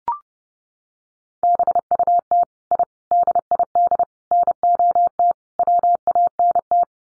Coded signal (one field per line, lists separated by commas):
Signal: Morse code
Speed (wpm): 30 wpm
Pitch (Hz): 700 Hz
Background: none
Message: BUT I DID NOT WANT